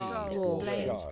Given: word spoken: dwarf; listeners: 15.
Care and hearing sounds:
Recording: one English word in noise, from a listening test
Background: four-talker babble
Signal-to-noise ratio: -1.3 dB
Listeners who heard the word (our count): 0 of 15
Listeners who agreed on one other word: 8 of 15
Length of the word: 0.72 s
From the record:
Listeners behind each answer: 8, 3, 1, 1, 1, 1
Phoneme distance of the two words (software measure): 17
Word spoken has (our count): 1 syllable, 4 phonemes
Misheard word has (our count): 1 syllable, 3 phonemes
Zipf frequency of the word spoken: 3.59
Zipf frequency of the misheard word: 5.19

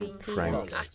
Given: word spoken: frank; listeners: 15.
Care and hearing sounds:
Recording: one English word in noise, from a listening test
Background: four-talker babble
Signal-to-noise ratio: 0.5 dB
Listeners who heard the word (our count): 2 of 15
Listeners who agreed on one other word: 11 of 15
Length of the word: 0.55 s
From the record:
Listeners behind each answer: 11, 2, 1, 1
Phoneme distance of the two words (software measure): 10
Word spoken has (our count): 1 syllable, 5 phonemes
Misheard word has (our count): 1 syllable, 5 phonemes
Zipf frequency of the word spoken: 4.64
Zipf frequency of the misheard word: 4.39

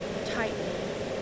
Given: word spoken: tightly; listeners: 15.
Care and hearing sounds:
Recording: one English word in noise, from a listening test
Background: speech-shaped noise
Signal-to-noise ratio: -4.2 dB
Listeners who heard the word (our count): 2 of 15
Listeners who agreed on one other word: 8 of 15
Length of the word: 0.82 s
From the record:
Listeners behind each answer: 8, 2, 2, 1, 1, 1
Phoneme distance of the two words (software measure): 17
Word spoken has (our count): 2 syllables, 5 phonemes, stress on syllable 1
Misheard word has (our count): 2 syllables, 4 phonemes, stress on syllable 1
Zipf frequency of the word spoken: 3.68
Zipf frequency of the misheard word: 3.55

